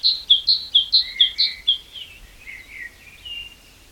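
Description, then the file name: Great tit repeating a crisp two-note phrase several times in even rhythm, then trailing into fainter chirps. "Parus major"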